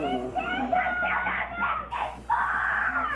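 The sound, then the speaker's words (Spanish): A shrill, sustained scream with a wavering, strained pitch cuts off briefly about two-thirds of the way through, then resumes just as loud to the end. “Tengo todas cosas de griterío.”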